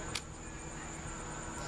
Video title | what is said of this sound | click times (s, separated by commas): The New Baby Jogger City Versa Stroller | is a hand brake it's right here so you just pull up on it and it locks into place | 0.2 s